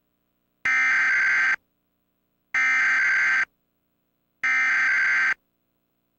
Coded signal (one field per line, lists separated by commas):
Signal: Emergency Alert System (SAME) tones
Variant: header bursts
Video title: Directv monthly test eas Los Angeles (March 31 2020)